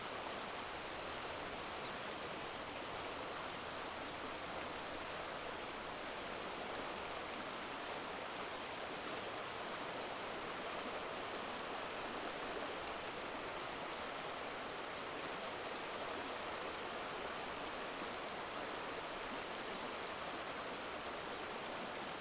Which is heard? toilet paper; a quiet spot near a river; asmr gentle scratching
a quiet spot near a river